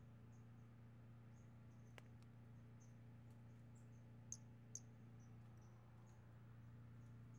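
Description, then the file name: Brachycephalus albolineatus notes: many thin, high, brief chirps repeated with uneven gaps, a few louder clicks, and a persistent low hum beneath. Recorded on 5 February 2016. "Brachycephalus albolineatus 160205"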